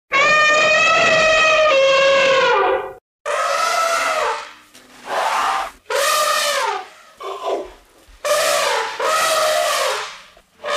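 Elephant trumpeting: a loud brassy blast of about three seconds, then several shorter trumpets in quick succession, some dipping and falling in pitch.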